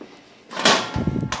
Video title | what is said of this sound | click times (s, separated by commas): Unboxing a Kaleido M10 Coffee Roaster. | and locks into place so we're pretty much ready to roast and connect to Artisan for the first time | 1.3 s